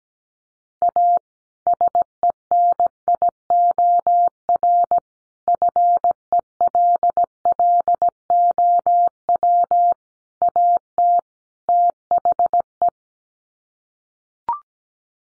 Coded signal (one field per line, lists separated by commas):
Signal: Morse code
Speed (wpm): 17 wpm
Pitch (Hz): 700 Hz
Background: none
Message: A SENIOR FELLOW AT THE